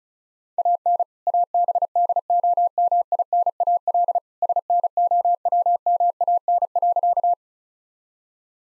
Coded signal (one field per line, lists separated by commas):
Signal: Morse code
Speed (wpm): 34 wpm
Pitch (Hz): 700 Hz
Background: none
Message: AN ABDOMINAL SNOWMAN.